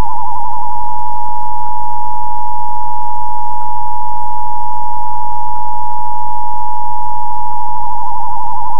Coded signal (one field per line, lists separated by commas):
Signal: Emergency Alert System (SAME) tones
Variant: 853 and 960 Hz attention tone